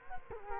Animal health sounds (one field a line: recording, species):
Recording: mosquito wingbeat signal from an infrared sensor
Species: Culex quinquefasciatus